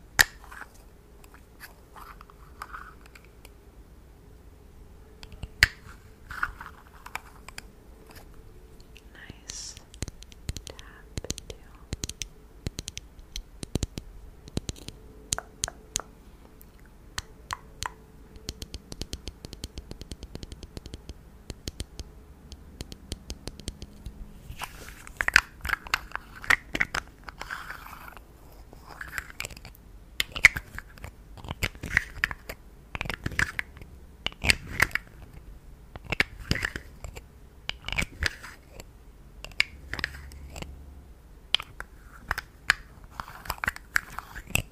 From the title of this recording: ASMR Satisfying Sounds